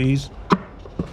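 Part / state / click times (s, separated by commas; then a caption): plywood box-joint fingers into the mating panel of a pit box / seated / 0.5 s. Someone talks briefly as the Baltic birch plywood box-joint fingers of a pit box are pushed into the mating panel during a dry fit. A sharp click sounds at 0.5 s, followed by a fainter knock near 1.0 s, and the joint snaps together and seats.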